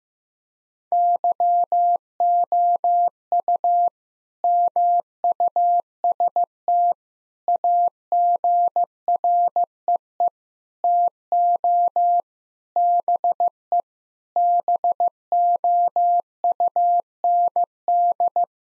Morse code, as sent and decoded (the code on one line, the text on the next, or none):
-.-- --- ..- / -- ..- ... - / .- --. .-. . . / - --- / -... . / -... --- ..- -. -..
YOU MUST AGREE TO BE BOUND